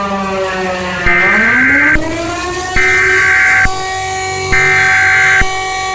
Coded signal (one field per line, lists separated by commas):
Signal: Emergency Alert System (SAME) tones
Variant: header bursts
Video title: Plotagon EAS Short Scenario - T Pose (Sorry For The Siren Argentina )